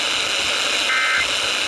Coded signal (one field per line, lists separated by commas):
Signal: Emergency Alert System (SAME) tones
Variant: end-of-message bursts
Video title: 2025's Final Haul to EAS 3000 | EAS Alerts From 12/28/2025 (EAS #2,994-3,019)